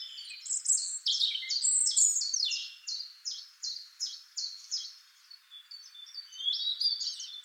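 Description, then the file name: European robin song, a rapid run of high, sliding repeated notes, then a thinner jumbled twitter near the end. "Erithacus rubecula"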